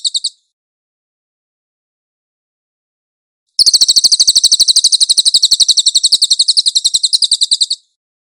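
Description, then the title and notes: Cililin: a brief burst of high chirps, several seconds of silence, then a long, fast, even trill of sharp, high notes. Cililin song with clear audio, for training cage birds. "MASTER SUARA BURUNG CILILIN, AUDIO JERNIH. CICILIN"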